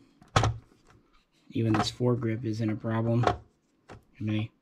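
A rifle magazine is handled at the rifle's magazine well, with a sharp knock near 0.4 s and faint taps around 0.2 s and 0.9 s while someone talks. Nothing has seated or clicked yet; the magazine is not home.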